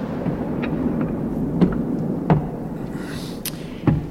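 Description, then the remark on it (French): Thunder during a storm: a steady, deep rumble rolls on throughout, broken by a few sharp cracking bursts spaced unevenly across the few seconds, with no voices. “Ça recommence. Ouais, ça c'était sûr. Avec cette tempête.”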